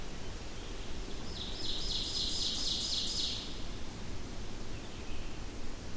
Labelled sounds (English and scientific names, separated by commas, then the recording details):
Ovenbird (Seiurus aurocapilla) song
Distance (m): 40 m
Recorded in boreal forest in Alberta, Canada, on 25 June 2016 at 08:25
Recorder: SongMeter 3, array SBT-6-76
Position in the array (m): 14 m, 110 m
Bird 2